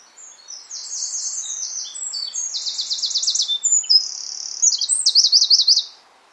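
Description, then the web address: Bird song: a long, high, tumbling sequence of buzzy trills and rapid repeated notes, rising and falling across several phrases. "cianscape birddata Deverinetal 2025"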